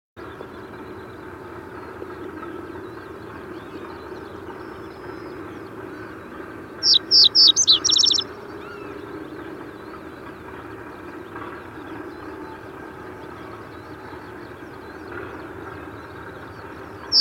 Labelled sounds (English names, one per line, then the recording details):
Reed Bunting song
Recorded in the wild
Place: Oderberg, Brandenburg, DE
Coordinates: 52.892, 14.056
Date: 1984-05-15
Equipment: Nagra III BH, Sennheiser MD 21, parabola
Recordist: Schubert, Michael